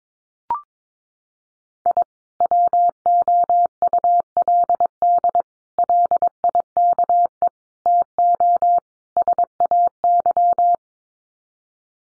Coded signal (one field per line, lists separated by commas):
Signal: Morse code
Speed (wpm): 22 wpm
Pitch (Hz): 700 Hz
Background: none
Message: I WOULD LIKE TO SAY